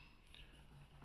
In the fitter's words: यह लॉक हो जाएगा